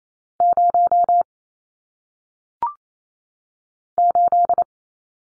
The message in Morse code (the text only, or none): 0 8